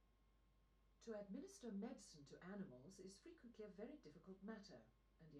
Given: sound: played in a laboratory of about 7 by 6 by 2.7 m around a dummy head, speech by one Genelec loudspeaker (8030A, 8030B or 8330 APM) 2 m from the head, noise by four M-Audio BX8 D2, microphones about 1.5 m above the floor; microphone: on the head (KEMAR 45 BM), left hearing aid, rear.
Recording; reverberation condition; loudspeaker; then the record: female speech in English; low; 90 degrees to the right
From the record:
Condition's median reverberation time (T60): about 310 ms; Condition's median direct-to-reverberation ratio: about 3.5 dB